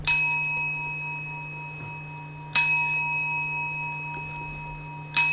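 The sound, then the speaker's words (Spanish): Clock tower bell chimes striking the quarters ring out three times at slow, even intervals, each loud metallic strike humming with rich overtones that fade gradually before the next. No voices are heard. “Luego se oyen los cuartos, que son 4. Y hacen. ¡Ding dong! ¡Ding dong! ¡Ding dong! ¡Ding dong!”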